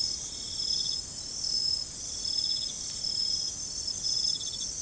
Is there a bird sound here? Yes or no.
no